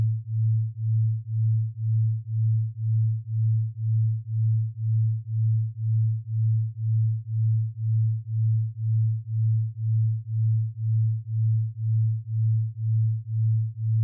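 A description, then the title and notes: A 2 Hz delta binaural beat: a steady low pure tone pulsing smoothly about twice per second, unchanging throughout with nothing else present. 2Hz Delta Binaural beat. 110Hz & 112Hz Binaural ASMR Frequency.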